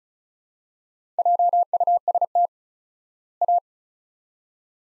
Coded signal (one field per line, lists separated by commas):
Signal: Morse code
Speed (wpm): 36 wpm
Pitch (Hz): 700 Hz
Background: none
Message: JUST A